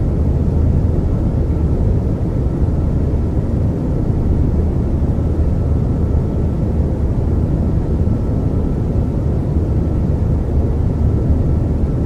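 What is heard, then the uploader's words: A steady, deep rumble of a private jet airplane cabin, dense and unchanging throughout. The sound sits heavily in the low end with a faint hum running through it, while the higher tones stay soft and muted. No distinct events break the even drone. This private jet airplane brown noise ambience. The soothing sounds of a private jet airplane.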